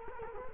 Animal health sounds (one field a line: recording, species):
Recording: mosquito wingbeat signal from an infrared sensor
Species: Culex quinquefasciatus